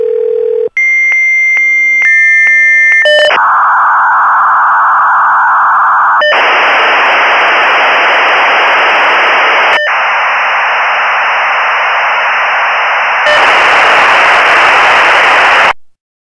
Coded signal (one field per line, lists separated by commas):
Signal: dial-up modem handshake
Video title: Подключение модема ➿ - звук подключения модема и шумы модема ⚡